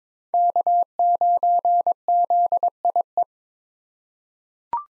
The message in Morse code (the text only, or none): K9ZIE